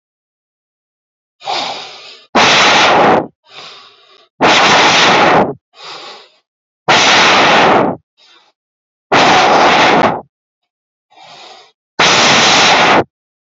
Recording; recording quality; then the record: deep breathing; excellent, no background noise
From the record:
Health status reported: healthy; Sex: male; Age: 32 years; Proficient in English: yes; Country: India